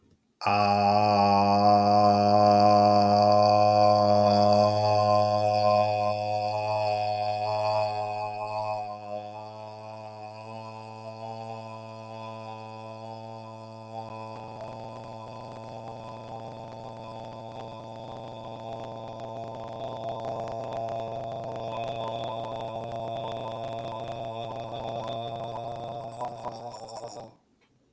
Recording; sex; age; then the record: vowel held as long as possible; male; 40 to 49 years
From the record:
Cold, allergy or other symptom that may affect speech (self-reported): no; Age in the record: 46 years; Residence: West Virginia, United States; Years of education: 20